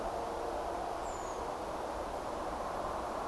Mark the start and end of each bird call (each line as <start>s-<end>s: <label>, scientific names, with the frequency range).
1.02s-1.40s: Turdus iliacus (6.2-8.4 kHz)